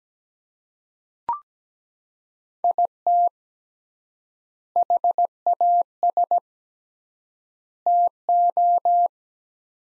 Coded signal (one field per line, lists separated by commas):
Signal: Morse code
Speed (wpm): 17 wpm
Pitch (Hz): 700 Hz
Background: none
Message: IT HAS TO